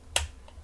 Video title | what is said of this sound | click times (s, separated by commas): Kriemhild Kit By Vapefly | and it has a nice audible click when it's in place | 0.2 s